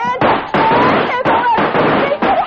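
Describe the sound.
Four loud gunshots crack out at uneven intervals, each a sharp burst followed by a sustained, noisy ring that fills the gaps, with faint voices mixed underneath.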